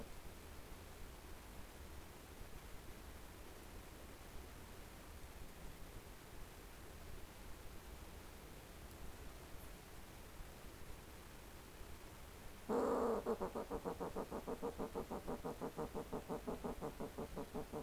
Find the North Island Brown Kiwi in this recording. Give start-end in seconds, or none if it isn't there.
none